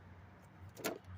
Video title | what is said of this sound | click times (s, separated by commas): REPLACING THE EVAP CANISTER PURGE VALVE ON THE 2014 FORD FOCUS SE 2.0L PART.2 | let me see something okay there you go there you go you hear the click | 0.9 s